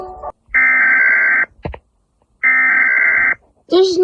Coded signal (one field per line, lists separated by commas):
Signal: Emergency Alert System (SAME) tones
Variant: header bursts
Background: speech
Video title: Reacting to EAS alarms￼ from around the world (CREDIT TO @ace2b )